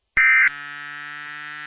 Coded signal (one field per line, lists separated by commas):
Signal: Emergency Alert System (SAME) tones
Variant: end-of-message bursts